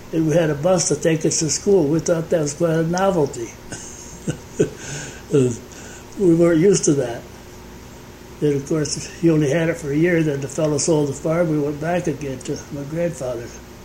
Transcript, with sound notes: We had a bus to take us to school, we thought that was quite a novelty. [chuckles] We weren't used to that. Of course, he only had it for a year, then the fellow sold the farm and we went back again to my grandfather's,